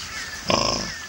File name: Witten - Hohenstein - Wildpark - sus scrofa